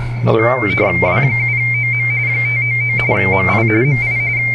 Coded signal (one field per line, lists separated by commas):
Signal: RTTY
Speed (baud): 45.45 baud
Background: speech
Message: W7OM 599 MI MI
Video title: ARRL RTTY Roundup Contest